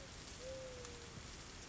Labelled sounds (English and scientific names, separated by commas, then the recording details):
Mourning Dove (Zenaida macroura)
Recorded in Sonoma County, California